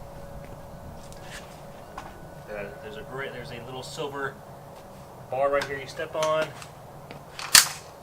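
A folding scooter's handlebar stem is raised into its locking latch while someone talks. After the bars are stepped on or handled, the metal latch snaps into place with a sharp, loud click at 7.5 s, and the stem is seated and up.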